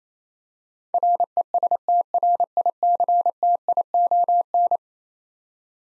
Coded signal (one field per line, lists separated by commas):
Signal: Morse code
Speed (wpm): 28 wpm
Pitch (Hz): 700 Hz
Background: none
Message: RESTRICTION